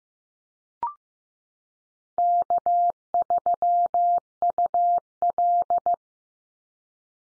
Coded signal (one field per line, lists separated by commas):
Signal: Morse code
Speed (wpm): 15 wpm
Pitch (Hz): 700 Hz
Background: none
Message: K3UL